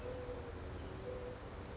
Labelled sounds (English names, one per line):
Mourning Dove